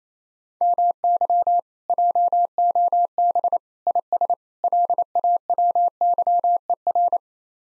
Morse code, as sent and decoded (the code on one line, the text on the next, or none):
-- -.-- / .--- --- -... / .. ... / .-.. .- .-- -.-- . .-.
MY JOB IS LAWYER